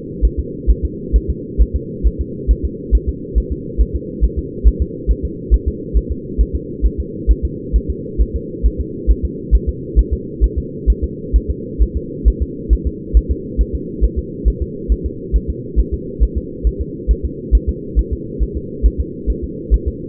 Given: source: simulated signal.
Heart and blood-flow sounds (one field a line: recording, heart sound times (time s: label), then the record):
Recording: fetal heart sounds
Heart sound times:
0.25 s: S1
0.39 s: S2
0.70 s: S1
0.85 s: S2
1.16 s: S1
1.30 s: S2
1.61 s: S1
1.76 s: S2
2.07 s: S1
2.21 s: S2
2.51 s: S1
2.65 s: S2
2.95 s: S1
3.09 s: S2
3.38 s: S1
3.52 s: S2
3.81 s: S1
3.95 s: S2
4.24 s: S1
4.39 s: S2
4.68 s: S1
4.82 s: S2
5.11 s: S1
5.25 s: S2
5.54 s: S1
5.68 s: S2
5.97 s: S1
6.12 s: S2
6.41 s: S1
6.56 s: S2
6.86 s: S1
7.00 s: S2
7.31 s: S1
7.45 s: S2
7.76 s: S1
7.90 s: S2
8.22 s: S1
8.36 s: S2
8.66 s: S1
8.81 s: S2
9.11 s: S1
9.25 s: S2
9.55 s: S1
9.69 s: S2
9.99 s: S1
10.13 s: S2
10.44 s: S1
10.58 s: S2
10.90 s: S1
11.04 s: S2
11.36 s: S1
11.50 s: S2
11.82 s: S1
11.97 s: S2
12.28 s: S1
12.42 s: S2
12.73 s: S1
12.87 s: S2
13.17 s: S1
13.31 s: S2
13.61 s: S1
13.75 s: S2
14.04 s: S1
14.19 s: S2
14.48 s: S1
14.62 s: S2
14.92 s: S1
15.06 s: S2
15.36 s: S1
15.50 s: S2
15.80 s: S1
15.94 s: S2
16.23 s: S1
16.38 s: S2
16.67 s: S1
16.81 s: S2
17.11 s: S1
17.25 s: S2
17.55 s: S1
17.69 s: S2
17.99 s: S1
18.13 s: S2
18.43 s: S1
18.57 s: S2
18.86 s: S1
19.00 s: S2
19.30 s: S1
19.44 s: S2
19.74 s: S1
19.88 s: S2
From the record:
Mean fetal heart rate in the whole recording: 135 bpm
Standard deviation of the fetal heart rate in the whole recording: 3 bpm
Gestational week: 34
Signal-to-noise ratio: -4.1 dB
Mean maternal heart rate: no maternal heart sound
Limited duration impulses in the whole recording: absent